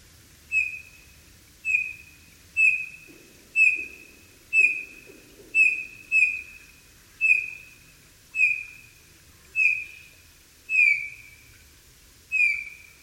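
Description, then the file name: Eurasian bullfinch calling, soft piping whistles that fall slightly, repeated about once a second, about twelve notes in a quiet setting. "Pyrrhula pyrrhula"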